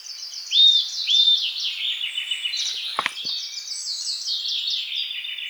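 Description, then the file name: Eurasian nuthatch with two clear upswept whistles half a second apart near the start, then a dense chorus of other birds and a couple of brief sharp knocks. "Sitta europaea"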